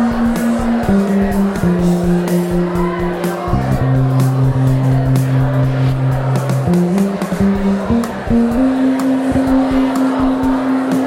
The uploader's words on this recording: Bass improvisation over a background of crowd chatter, supported by an electronic drummer (courtesy of Logic Pro).